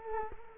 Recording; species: mosquito wingbeat signal from an infrared sensor; Culex quinquefasciatus